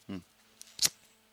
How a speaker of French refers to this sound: J'ai donc fait un beau bruit de briquet. Voilà. Pour vous montrer que je ne fumais pas une clope dans le studio de cette radio, donc qui n'est pas responsable de mes actes.